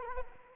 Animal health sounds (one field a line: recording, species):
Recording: mosquito wingbeat signal from an infrared sensor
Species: Anopheles arabiensis